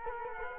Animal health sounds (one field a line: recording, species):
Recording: mosquito wingbeat signal from an infrared sensor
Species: Culex quinquefasciatus